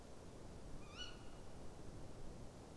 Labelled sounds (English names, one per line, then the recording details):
Tawny Owl
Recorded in Germany
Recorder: ecoPi